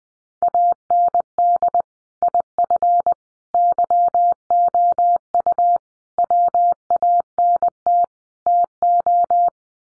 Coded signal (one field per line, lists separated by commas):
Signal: Morse code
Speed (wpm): 20 wpm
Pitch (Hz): 700 Hz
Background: none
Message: AND IF YOU WANT TO